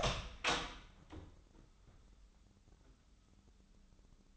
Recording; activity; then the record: daily activity, microphone in the room; open door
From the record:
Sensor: 3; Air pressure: 996.1 hPa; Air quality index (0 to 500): 32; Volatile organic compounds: 1 ppm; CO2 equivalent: 590 ppm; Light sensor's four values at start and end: 14/33/14/14 and 14/33/14/14